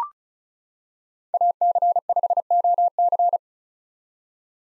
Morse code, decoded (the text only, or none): AC5OC